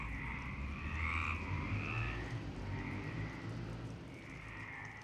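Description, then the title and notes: Frogs giving softer raspy croaks over a steady low rumble, the calls coming in a few drawn-out bursts. Frogs in Parc Longchamp, Marseille, Provence-Alpes-Côte d'Azur, France, 26 March 2011 at 19:35, recorded with a MixPre-6 and Basic UCHO. "Marseille, Provence-Alpes-Côte d'Azur, France - 26_03_11_19_35 Longchamps_004 grenouilles. Grenouilles au parc de Longchamp"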